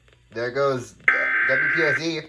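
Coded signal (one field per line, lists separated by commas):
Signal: Emergency Alert System (SAME) tones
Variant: header bursts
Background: speech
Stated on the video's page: Weekly test on an FM station; possibly a monthly test relay.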